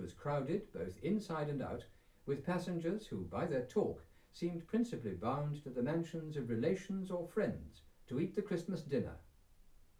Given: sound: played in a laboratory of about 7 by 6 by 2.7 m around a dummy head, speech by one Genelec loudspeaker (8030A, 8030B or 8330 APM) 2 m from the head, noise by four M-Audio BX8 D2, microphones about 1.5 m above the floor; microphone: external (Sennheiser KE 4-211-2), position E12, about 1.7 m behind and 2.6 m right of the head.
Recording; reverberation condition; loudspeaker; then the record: male speech in English; low; 60 degrees to the left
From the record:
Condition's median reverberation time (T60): about 310 ms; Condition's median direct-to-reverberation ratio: about 3.5 dB